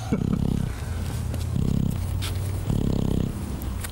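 Three deep, rumbling snores in about four seconds, roughly 45 a minute, each a low vibrating burst with quieter breathing between. An alpaca is snoring as it is woken from anaesthesia as quickly as possible, because the anaesthesia can paralyse the forestomachs so that stomach contents rise up the oesophagus past the larynx into the lungs.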